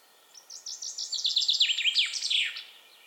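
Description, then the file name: Common chaffinch singing one phrase of sharp descending notes, lasting about two seconds. "Fringilla coelebs"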